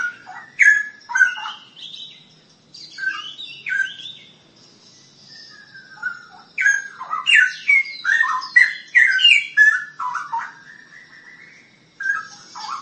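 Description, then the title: Long-tailed shrike song, loud scratchy chattering mixed with high thin whistles and varied slurred notes, busy but with quieter spells midway and near the end. "Kicau Burung Pentet"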